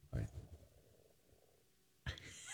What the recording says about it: My stomach is making a lot of noise right now. It sounds like the Demogorgon, like, is in me, just trying to get out.